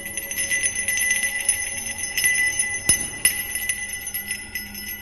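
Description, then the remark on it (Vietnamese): A bronze bell, a family heirloom, rings with bright, sustained metallic tones, shimmering partials hanging steadily while a few sharper strikes cut through midway. No voices are heard. “Gia Huy ở gần đó đã nhanh trí lôi cái chuông đồng, bảo vật của gia tộc”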